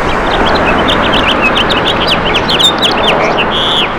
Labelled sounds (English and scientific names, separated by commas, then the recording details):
House Finch (Haemorhous mexicanus) song
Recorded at Massapequa on Long Island, New York, on 14 May 2013
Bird C